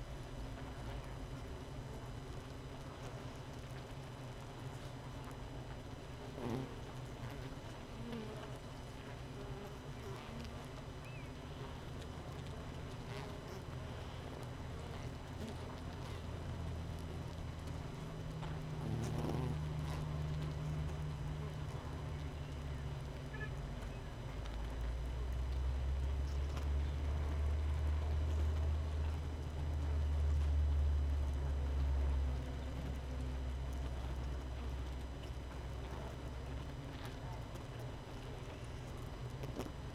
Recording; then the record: honeybee colony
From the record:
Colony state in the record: missing queen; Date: 31 May 2018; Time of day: 7:02